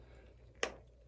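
A plastic wing-mount piece is pushed into the back of a 1/6 scale Hot Toys Captain America (Sam Wilson) action figure. A single sharp snap rings out at 0.6 s over a quiet low hum, and the piece seats nice and tight.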